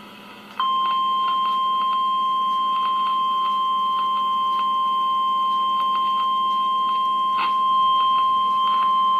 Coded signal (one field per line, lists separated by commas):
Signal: Emergency Alert System (SAME) tones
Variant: 1050 Hz attention tone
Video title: EAS #864: Blizzard Warning (1/25/2014)